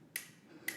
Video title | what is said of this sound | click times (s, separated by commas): Teeter FitSpine FitSpine X3 P2 Back Relief Bundle | don't even have to bend over for it and there's precision little click-click you | 0.2 s, 0.7 s